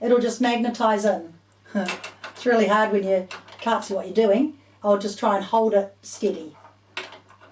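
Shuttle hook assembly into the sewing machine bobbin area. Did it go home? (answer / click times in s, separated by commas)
yes / 7.0 s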